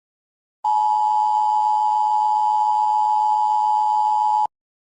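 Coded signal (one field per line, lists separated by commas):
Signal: Emergency Alert System (SAME) tones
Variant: 853 and 960 Hz attention tone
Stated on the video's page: Mock alert for a fictional global thermonuclear war.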